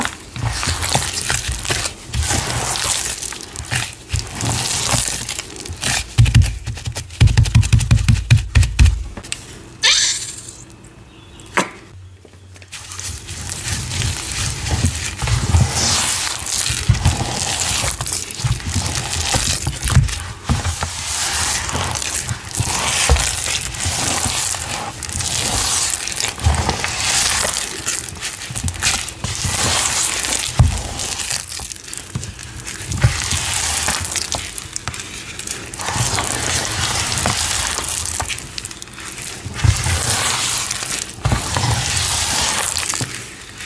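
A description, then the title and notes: Dense, crackling fizz of citric acid sizzling runs throughout, with a heavier low pouring rush near seven seconds and a brief quiet gap around twelve. Pouring, powder play, cornstarch squeaks, citric acid sizzles.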